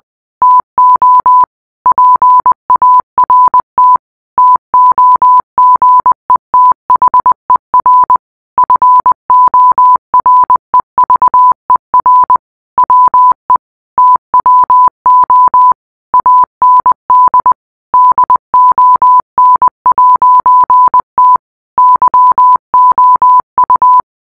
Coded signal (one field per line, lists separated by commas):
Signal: Morse code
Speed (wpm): 20 wpm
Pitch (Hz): 1000 Hz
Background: none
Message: TO PART TOGETHER FOREVER WE TWO AND DON'T YOU